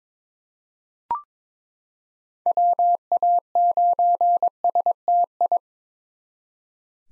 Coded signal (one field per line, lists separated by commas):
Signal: Morse code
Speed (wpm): 22 wpm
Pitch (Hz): 700 Hz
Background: none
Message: WA9STI